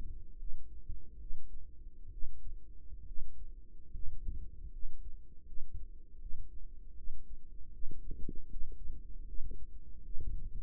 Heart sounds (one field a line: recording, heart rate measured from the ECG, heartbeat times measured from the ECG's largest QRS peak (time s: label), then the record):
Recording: heart sounds by microphone in the right ear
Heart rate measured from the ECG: 75 bpm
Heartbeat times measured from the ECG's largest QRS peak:
0.37 s: heartbeat
1.19 s: heartbeat
2.11 s: heartbeat
3.06 s: heartbeat
3.92 s: heartbeat
4.71 s: heartbeat
5.45 s: heartbeat
6.19 s: heartbeat
6.96 s: heartbeat
7.72 s: heartbeat
8.49 s: heartbeat
9.26 s: heartbeat
10.03 s: heartbeat
From the record:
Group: healthy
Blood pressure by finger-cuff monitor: 104/58 mmHg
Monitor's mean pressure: 72 mmHg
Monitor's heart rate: 76 bpm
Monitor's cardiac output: 6.7 L/min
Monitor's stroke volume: 91 mL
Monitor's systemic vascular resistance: 760 dyn s/cm5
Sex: female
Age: 22 years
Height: 157 cm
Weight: 47.6 kg